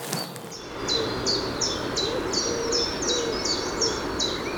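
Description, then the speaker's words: Common chiffchaff song: a monotonous series of high repeated notes over low background noise. Very monotonous song; fairly common on a campus and in the Netherlands, especially in areas with taller trees; trees here about 15 metres high; sung as repeated tjit notes. "Ja, het is een heel eentonig liedje. Ja. Dit is de tjiftjaf."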